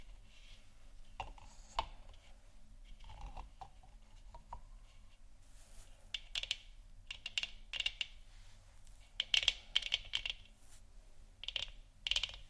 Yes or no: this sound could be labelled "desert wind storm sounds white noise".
no